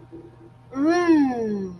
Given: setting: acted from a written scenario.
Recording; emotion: vocal sound without words; desire